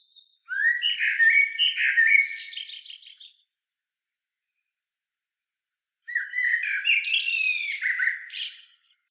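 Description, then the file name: Common blackbird singing two fluting phrases separated by a few seconds of silence. Each mellow low run ends in rapid, buzzy high twitters. "Turdus merula"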